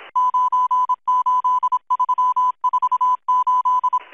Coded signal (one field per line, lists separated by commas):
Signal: Morse code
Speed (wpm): 26 wpm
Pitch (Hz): 1000 Hz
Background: music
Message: 98348